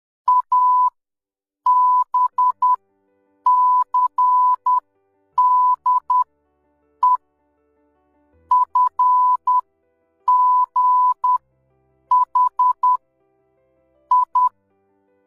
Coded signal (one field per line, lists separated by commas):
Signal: Morse code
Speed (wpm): 10 wpm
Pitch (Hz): 1000 Hz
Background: music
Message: ABCDE FGH I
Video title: Morse code